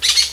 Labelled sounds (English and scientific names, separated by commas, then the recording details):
Brown-throated Parakeet (Eupsittula pertinax) contact call
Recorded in Venezuela
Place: Guárico; Corozopando; Fundo La Fe
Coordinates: 8.506, -67.593